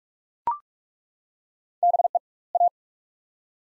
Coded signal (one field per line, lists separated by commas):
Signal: Morse code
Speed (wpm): 42 wpm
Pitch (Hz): 700 Hz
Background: none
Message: BE A